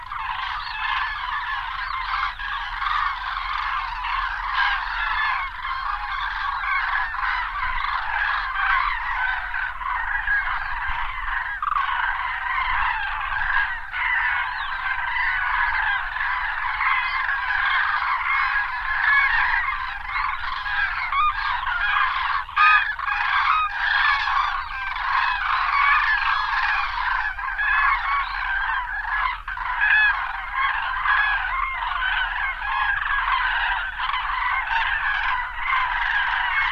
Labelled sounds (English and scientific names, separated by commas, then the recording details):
Common Crane (Grus grus) call
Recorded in the wild
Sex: group
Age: adult
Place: Paulinenaue, Rhinluch, Brandenburg, DE
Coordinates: 52.6833, 12.7
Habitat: field
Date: 2003-05-11 12:05
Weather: 11°C, sunny, almost windless
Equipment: Tascam DA-P1, Artificial Dog Head
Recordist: Frommolt, Karl-Heinz